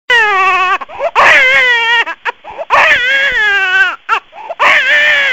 New Baby Cry.